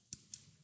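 A microSD card is pushed into the spring-loaded push-push card slot of a Raspberry Pi 3, a clicky slot unlike the Pi 4's friction slot. Two short, sharp clicks sound at 0.1 s and 0.3 s against a faint low hum; the second may be the card being clicked back out. The card seats in the slot.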